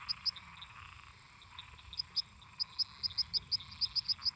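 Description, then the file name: Cricket chirps, sharp high pulses: two at the start, a pause, then a quicker run of chirps, over a frog and toad chorus. Crickets singing constantly together with toads and frogs. "Grilos cantando constantemente em conjunto com sapos e ras"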